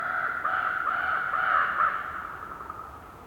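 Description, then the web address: Raven giving hoarse, harmonic croaks in a continuous run over wind, loudest in the middle. Raven croaking in a winter forest during a windy, whistling blizzard with snow, North Laurentian Woods, Canada. "WINTER Forest windy whistling blizzard snow with raven bird croaking, North Laurentian Woods, Canada. GDC 2018-Game Audio Bundle"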